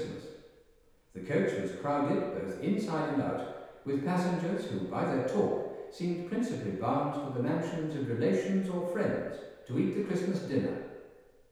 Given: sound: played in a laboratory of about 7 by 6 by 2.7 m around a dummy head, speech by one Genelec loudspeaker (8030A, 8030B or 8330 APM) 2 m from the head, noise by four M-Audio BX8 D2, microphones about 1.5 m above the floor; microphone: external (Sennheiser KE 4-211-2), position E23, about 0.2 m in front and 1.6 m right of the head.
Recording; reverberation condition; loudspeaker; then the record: male speech in English; high; behind (180 degrees)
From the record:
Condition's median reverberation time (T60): about 1300 ms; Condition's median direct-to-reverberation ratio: about -4.0 dB